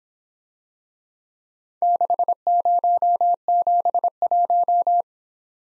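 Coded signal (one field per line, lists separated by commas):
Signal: Morse code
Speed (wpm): 25 wpm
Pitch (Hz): 700 Hz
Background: none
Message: 6071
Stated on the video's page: Morse practice of four-character letter-number groups, speed-racing format starting fast and slowing to 22 wpm base; fastest 1.5 times slowest, final repeat at maximum speed.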